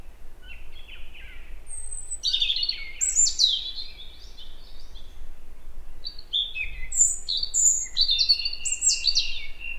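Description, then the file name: European robin song in two bursts, each a fast run of high, trilling and sliding notes, separated by a brief pause. "Erithacus rubecula"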